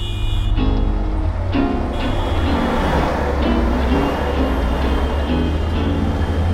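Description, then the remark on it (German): Busy rail station ambience at the Warschauer Straße S-Bahn and U-Bahn station in Berlin: a loud, steady rumble of trains running past, with a low mechanical drone, humming tones and a few sharp clanks on top. “S- und U-Bahnhof Warschauer Straße.”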